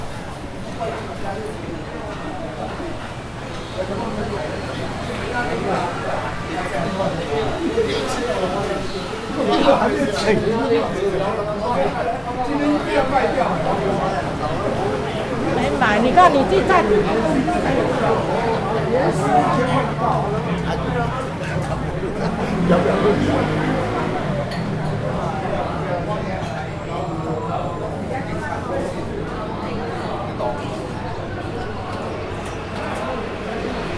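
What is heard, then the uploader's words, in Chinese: A busy stretch of Huaxin Street in Zhonghe, filled with many overlapping voices talking at once. The crowd chatter stays dense and steady throughout, swelling somewhat louder around the middle, with a faint low rumble of passing traffic underneath. 中和華新街,鄰近捷運南勢角站。可以感受到來往的車流聲。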